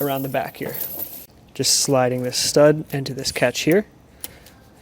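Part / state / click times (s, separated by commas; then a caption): snow tire chain stud into chain catch / seated / 4.2 s. Behind the tire of a 2016 Honda Pilot, a metal stud on a Titan Chain snow tire chain is slid into its catch to make the first connection while someone talks. After the talking stops, a sharp click sounds at 4.2 s, followed by a faint tap, and the stud is seated in the catch.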